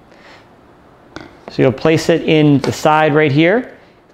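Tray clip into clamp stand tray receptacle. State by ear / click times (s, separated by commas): not seated / none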